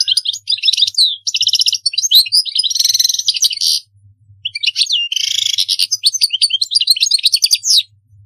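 European goldfinch song in two long bouts of bright twittering mixed with buzzy, rattling trills, separated by a brief silence.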